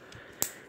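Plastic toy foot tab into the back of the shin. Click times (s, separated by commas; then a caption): 0.4 s. During the robot-to-beast transformation of a Mastermind Creations Reformatted Feral Rex R-07 Felisaber plastic figure, the feet fold down and a plastic foot tab is pushed into the back of the shin. A single sharp snap is heard at 0.4 s over quiet background noise. The foot tab seats into the shin.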